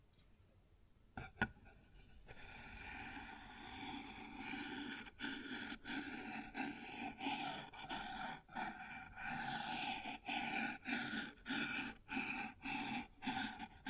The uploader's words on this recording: ASMR Sounds on Wooden Surface (No Talking).